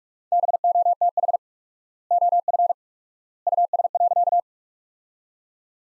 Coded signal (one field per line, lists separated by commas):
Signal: Morse code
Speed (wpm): 41 wpm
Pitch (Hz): 700 Hz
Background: none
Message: BOTH OF US.